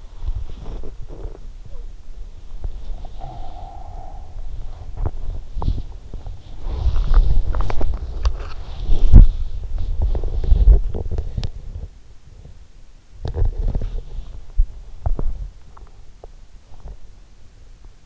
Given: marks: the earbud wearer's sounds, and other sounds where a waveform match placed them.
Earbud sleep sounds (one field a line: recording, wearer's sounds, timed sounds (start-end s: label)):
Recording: sounds in sleep by an in-ear microphone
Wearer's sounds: body movement, breath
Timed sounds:
0.00-18.06 s: body movement
2.64-4.54 s: breath